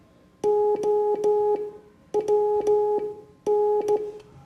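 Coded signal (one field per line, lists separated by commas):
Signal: Morse code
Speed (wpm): 14 wpm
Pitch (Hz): 420 Hz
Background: music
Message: OWN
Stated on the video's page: Morse code class lesson.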